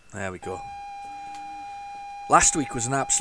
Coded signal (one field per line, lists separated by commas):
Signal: ZX Spectrum tape loading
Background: speech